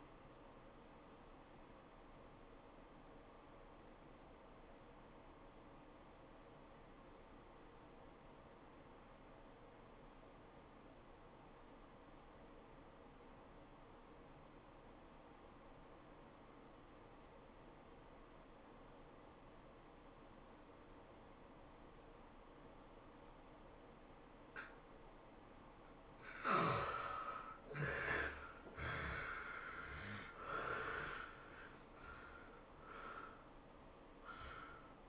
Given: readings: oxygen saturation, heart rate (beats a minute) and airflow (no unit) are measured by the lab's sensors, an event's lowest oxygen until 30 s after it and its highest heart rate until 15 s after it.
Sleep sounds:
breathing in sleep by a voice recorder at the bedside; 1
6.00-26.60 s: obstructive apnea (N1, oxygen 94% highest, then 68% lowest, heart rate 91 at the start, 112 highest)
11.00-35.09 s: new sleep stage, N2 (light sleep)
From the record:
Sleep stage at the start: N1 (lightest sleep); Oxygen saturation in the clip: 69 to 94%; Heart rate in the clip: 79 to 112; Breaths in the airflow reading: 4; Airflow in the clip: -15.2 to 15.5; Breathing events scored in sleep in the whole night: 403 in 5.5 hours asleep

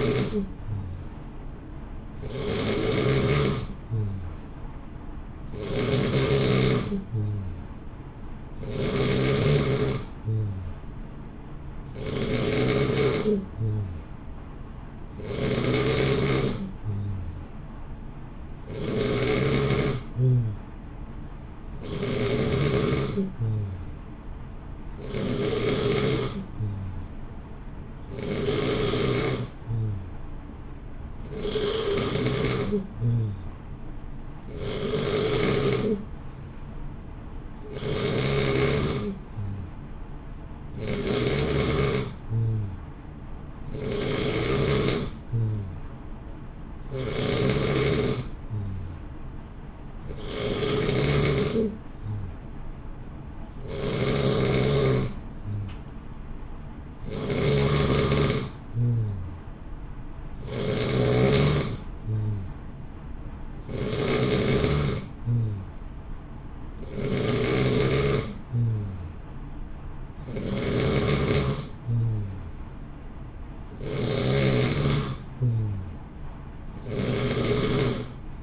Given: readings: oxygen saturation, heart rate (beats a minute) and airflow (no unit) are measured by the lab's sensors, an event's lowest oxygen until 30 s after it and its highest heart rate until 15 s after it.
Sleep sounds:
breathing in sleep by a smartphone at the bedside; none
36.00-78.43 s: new sleep stage, N3 (deep sleep)
From the record:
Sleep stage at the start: N2 (light sleep); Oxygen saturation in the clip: 89 to 91%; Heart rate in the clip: 59 to 63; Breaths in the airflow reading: 28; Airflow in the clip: -0.9 to 1.0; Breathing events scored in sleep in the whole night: 328 in 6.3 hours asleep

